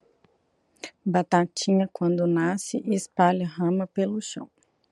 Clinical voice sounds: short text; Brazilian Portuguese; female; 30 to 39 years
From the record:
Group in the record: control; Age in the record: 39 years

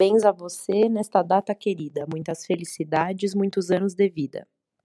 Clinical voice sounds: short text; Brazilian Portuguese; female; 30 to 39 years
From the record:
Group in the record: control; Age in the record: 31 years

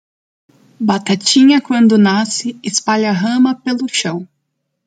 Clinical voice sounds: short text; Brazilian Portuguese; female; 30 to 39 years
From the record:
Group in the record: control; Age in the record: 30 years

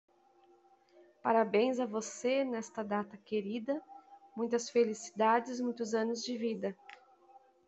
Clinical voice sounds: short text; Brazilian Portuguese; female; 30 to 39 years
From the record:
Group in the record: control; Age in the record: 38 years

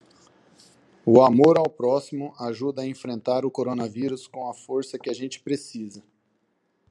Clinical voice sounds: spoken sentence; Brazilian Portuguese; male; 30 to 39 years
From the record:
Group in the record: control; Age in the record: 32 years

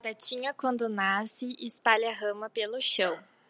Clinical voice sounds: short text; Brazilian Portuguese; female; 20 to 29 years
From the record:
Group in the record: control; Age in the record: 21 years

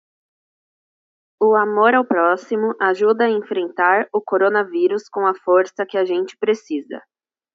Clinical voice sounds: spoken sentence; Brazilian Portuguese; female; 20 to 29 years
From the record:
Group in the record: control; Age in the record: 27 years

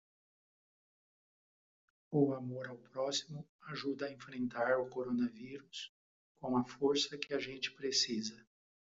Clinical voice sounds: spoken sentence; Brazilian Portuguese; male; 60 to 69 years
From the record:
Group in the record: control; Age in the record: 63 years

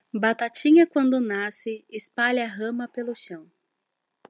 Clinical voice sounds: short text; Brazilian Portuguese; female; 20 to 29 years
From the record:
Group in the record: control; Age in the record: 25 years

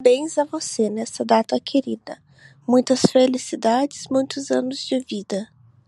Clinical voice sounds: short text; Brazilian Portuguese; female; 20 to 29 years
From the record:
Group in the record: control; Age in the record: 29 years

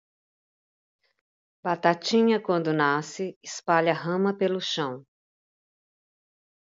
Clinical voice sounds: short text; Brazilian Portuguese; female; 50 to 59 years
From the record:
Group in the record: control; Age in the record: 58 years

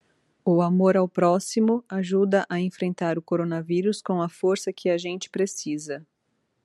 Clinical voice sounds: spoken sentence; Brazilian Portuguese; female; 30 to 39 years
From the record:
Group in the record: control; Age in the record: 39 years

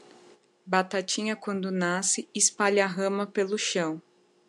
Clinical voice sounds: short text; Brazilian Portuguese; female; 30 to 39 years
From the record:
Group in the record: control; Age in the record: 36 years

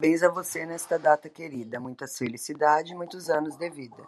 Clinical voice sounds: short text; Brazilian Portuguese; female; 40 to 49 years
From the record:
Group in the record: control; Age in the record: 44 years

